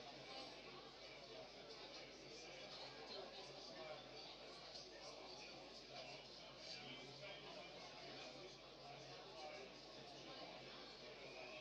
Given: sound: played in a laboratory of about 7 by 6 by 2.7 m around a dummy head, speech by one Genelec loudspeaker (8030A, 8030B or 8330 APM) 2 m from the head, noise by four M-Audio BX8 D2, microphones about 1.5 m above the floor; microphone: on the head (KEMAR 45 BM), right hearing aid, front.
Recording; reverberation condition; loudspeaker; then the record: cafeteria noise; low; four, about 170 cm from the corners of the room and facing them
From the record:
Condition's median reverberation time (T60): about 310 ms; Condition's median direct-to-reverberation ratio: about 3.5 dB